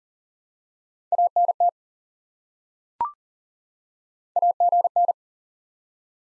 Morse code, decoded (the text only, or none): ANT AGN